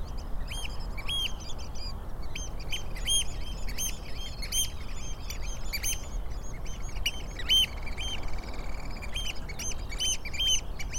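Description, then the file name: Eurasian oystercatchers giving loud, shrill piping notes, repeated rapidly in overlapping bursts throughout, over a steady low rumble. Several birds recorded at the Rye Harbour river mouth on 9 May 2022. "220509 0057 Rye Harbour river mouth Oystercatchers"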